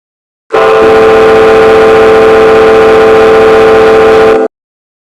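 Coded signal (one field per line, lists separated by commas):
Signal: ship horn signal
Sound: one prolonged loud horn blast lasting about four seconds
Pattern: 1 long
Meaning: One prolonged blast: vessel approaching a bend where other vessels may be hidden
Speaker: and finally for visual sound signals we have the sound signal for a vessel approaching a bend in a channel where other vessels may be obscured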